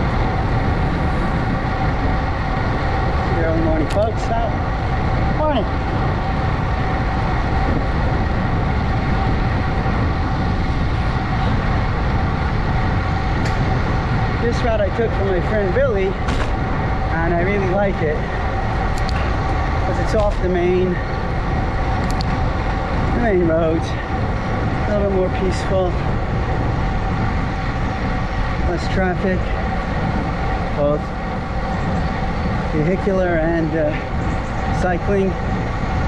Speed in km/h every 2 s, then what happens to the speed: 31, 31, 32, 35, 35, 35, 34, 32, 31, 29, 27, 27, 26, 26, 26, 24, 26, 24.
0-10 steady at about 32. 10-23 slows to 26. 23-36 steady at about 26.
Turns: none.